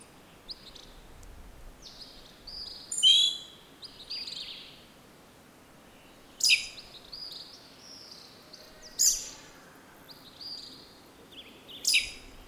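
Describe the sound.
Western red-legged thrush giving sharp, squeaky high calls in short bursts roughly every three seconds, with softer notes between them over quiet background hiss.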